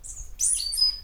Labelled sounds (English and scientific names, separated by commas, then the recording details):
Stitchbird (Notiomystis cincta) song
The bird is a male
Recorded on Tiritiri Matangi Island, New Zealand, in 2005
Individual 11, of nest box 13